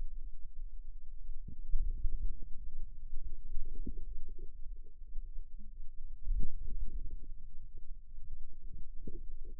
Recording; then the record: forearm muscle sounds (acoustic myography)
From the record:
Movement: outward rotation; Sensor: system 2, bracelet of six BSWA MPA416 microphones around the upper forearm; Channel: 1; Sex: female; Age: 22 years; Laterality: right